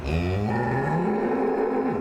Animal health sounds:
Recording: contact call of a hoofed animal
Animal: cattle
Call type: low-frequency (closed-mouth) or high-frequency (open-mouth) call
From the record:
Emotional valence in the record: negative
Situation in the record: full separation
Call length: 2.0 s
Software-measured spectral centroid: 1170 Hz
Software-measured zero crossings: 1000 a second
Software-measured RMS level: -24 dBFS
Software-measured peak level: -13 dBFS

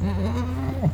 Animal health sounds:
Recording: contact call of a hoofed animal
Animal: goat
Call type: low-frequency (closed-mouth) or high-frequency (open-mouth) call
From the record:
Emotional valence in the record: negative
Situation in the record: short social isolation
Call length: 0.94 s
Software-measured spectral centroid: 1690 Hz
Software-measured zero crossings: 670 a second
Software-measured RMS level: -24 dBFS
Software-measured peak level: -10 dBFS

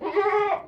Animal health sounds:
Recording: contact call of a hoofed animal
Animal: goat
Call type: low-frequency (closed-mouth) or high-frequency (open-mouth) call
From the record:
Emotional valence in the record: negative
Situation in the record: food frustration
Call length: 0.68 s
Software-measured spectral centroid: 1310 Hz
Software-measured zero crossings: 1570 a second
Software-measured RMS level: -24 dBFS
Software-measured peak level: -11 dBFS

